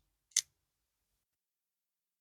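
A stuck gravity-drop locking bar in the tang of an old folding pocket knife is tapped and pushed to make it drop and free the blade. After a faint soft sound at about 0.3 s, a single short, sharp tick at 0.4 s marks the bar releasing, followed by silence. The blade is freed.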